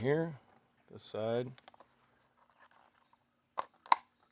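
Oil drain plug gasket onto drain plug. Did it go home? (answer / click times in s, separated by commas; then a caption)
yes / 3.9 s. During an oil change on a 2013 Grand Caravan, someone talks briefly, then the old seal is popped off the oil drain plug and a new drain plug gasket is pressed on by hand. A sharp tap at 3.6 s is followed by the loudest crisp snap at 3.9 s as the new gasket pops into place and seats on the drain plug.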